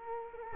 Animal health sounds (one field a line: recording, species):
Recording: mosquito wingbeat signal from an infrared sensor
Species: Culex quinquefasciatus